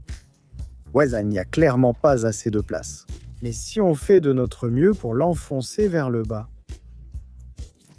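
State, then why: Not seated. A graphics card is pushed down by hand toward the top PCIe slot of a motherboard mounted in a cardboard case while someone talks over most of the clip. Faint handling knocks and scrapes are heard near the start and again around 7.4 to 8.1 seconds. Nothing has seated or clicked yet when the clip ends.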